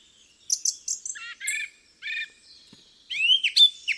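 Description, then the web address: Song thrush song: a few high notes, then a short phrase repeated three times, each a cluster of bright, slightly descending notes, then a varied flourish of high sharp notes. "cianscape birddata Deverinetal 2025"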